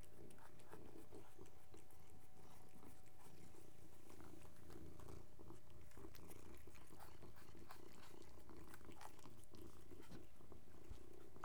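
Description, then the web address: Cat: continuous low purring from cats, throbbing evenly in soft waves with occasional light clicks over the rumble. Three cats purring together. "BBC Sound Effects Library BBC 06-Animals and Birds 04 Three Cats Purring"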